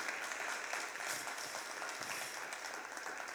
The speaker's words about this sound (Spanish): Gracias, hermano. Para aplaudirle al Señor.